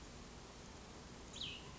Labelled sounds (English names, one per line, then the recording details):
Cassin's Vireo
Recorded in Sonoma County, California